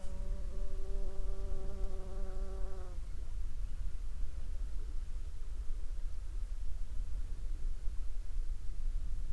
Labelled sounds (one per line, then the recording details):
water
insects
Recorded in the Prudhoe Bay oil fields, Alaska, on 11 July 2021 at 23:43
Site 21